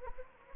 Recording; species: mosquito wingbeat signal from an infrared sensor; Anopheles gambiae